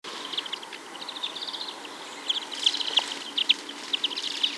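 European greenfinch calls: quick runs of short, high twittering notes that grow louder and come in clusters, against a steady hiss of background noise.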